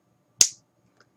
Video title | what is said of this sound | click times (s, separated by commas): Kel Tec PF9 | You hear a little click where it snaps in. | 0.4 s